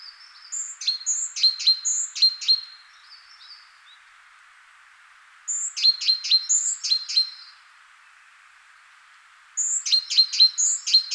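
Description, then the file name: Great tit, three rapid clusters of high, clipped notes mixed with short whistles, each burst lasting about two seconds with quiet pauses between. "Parus major"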